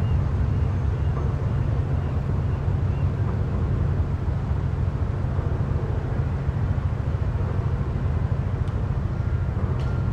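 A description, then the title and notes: A ferry's engines produce a constant heavy rumble, strongest in the low end, with a dense churning wash layered over it. The level holds steady for the full ten seconds. Faint brief clicks and a thin high tone surface now and then near the end. Bainbridge Ferry.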